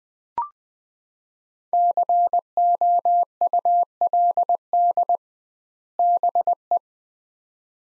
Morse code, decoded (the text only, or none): COULD BE